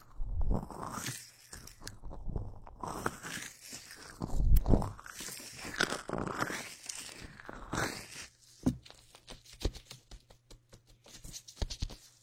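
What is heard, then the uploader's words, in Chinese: Latex gloves rub and squeak in a slow massage, with sweeping swishes that rise and fall every second or two through the first eight seconds. Sharp crinkly snaps break in near 4.5 and 8.7 seconds, then quieter scattered taps and crackles close it out. 乳胶手套 催眠按摩。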